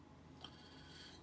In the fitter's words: you definitely want to make sure the battery is facing the right direction but it just pops right in